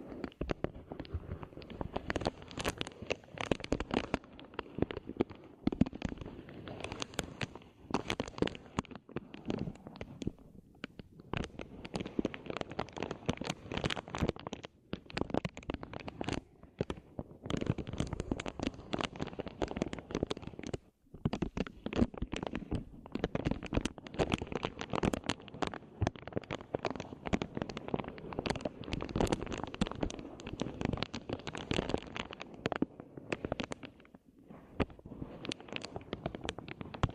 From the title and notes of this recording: This video includes tapping, scratching, crinkle sound, ear cleaning and more.